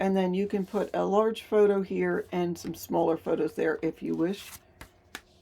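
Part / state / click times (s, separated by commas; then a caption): magnetic paper flap onto album page / seated / 5.2 s. Someone talks while a paper flap on a magnetic album page is lifted to show space for photos. After a faint tap at 4.8 s, the flap is closed back onto the magnetic page and snaps sharply into place at 5.2 s.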